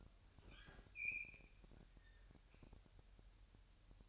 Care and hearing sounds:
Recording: daily activity, microphone in the room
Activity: open fridge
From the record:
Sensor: 2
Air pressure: 1001.8 hPa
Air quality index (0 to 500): 250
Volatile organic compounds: 38 ppm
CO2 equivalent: 3110 ppm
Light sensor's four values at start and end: 8/28/11/10 and 8/28/11/10

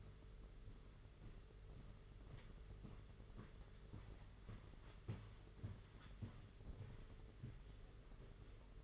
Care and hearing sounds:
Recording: daily activity, microphone in the room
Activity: walk to room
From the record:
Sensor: 4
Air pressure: 992.0 hPa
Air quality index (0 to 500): 84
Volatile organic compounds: 6 ppm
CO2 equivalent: 1905 ppm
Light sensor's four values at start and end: 21/75/27/29 and 21/73/27/28

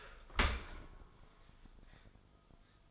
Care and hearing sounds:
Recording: daily activity, microphone in the room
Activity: open dishwasher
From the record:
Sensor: 5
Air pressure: 1004.8 hPa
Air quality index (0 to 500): 93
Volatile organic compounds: 2 ppm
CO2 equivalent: 1132 ppm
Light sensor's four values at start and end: 32/74/30/30 and 33/76/31/30

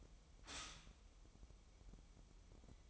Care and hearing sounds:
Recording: daily activity, microphone in the room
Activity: stop toaster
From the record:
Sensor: 1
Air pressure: 988.6 hPa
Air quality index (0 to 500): 197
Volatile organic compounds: 938 ppm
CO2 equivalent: 5235 ppm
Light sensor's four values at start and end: 25/94/35/37 and 25/94/35/37

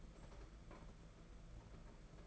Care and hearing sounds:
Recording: daily activity, microphone in the room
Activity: take from stove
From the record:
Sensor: 5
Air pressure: 992.1 hPa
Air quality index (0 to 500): 211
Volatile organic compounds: 1000 ppm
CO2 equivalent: 6109 ppm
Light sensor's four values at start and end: 6/15/6/7 and 6/15/6/7

